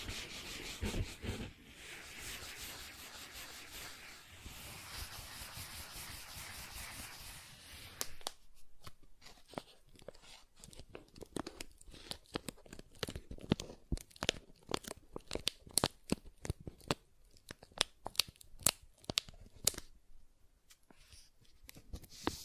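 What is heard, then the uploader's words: Soft tracing across surfaces, beginning as a continuous dense rubbing with a few firmer knocks near the start. Around eight seconds it turns sparser: quick, dry scratches and taps come in irregular bursts with brief silences between, crisp. ASMR Soft Tracing on Smooth and Rough Surfaces (No Talking).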